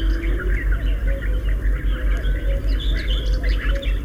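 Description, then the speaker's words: Common Whitethroat song: a rapid twittering phrase of short chirps and slurred notes, heard against a strong continuous low rumble. Hurried, twittering song delivered in flight; the bird rises into the air fluttering its wings, then hides in the bushes again when the trill ends. "Это поет серая Славка. Слышите, какая у нее торопливая и щебечущая песенка. Птичка поет ее на лету."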